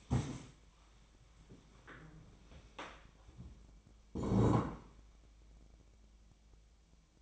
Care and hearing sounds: daily activity, microphone in the room; stand up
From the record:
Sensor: 1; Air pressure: 1000.4 hPa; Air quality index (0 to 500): 175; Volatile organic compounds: 4 ppm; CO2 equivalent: 1618 ppm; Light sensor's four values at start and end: 13/31/13/15 and 13/32/13/15

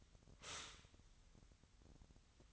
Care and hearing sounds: daily activity, microphone in the room; stop toaster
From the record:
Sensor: 3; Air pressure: 1001.9 hPa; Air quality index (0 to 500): 246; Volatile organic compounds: 49 ppm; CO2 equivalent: 3285 ppm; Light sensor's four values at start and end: 14/41/18/15 and 14/41/18/15

